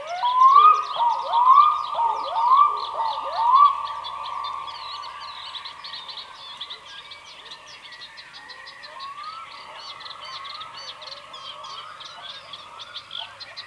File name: Digiffects Sound Effects Library - Black Throated Diver Bird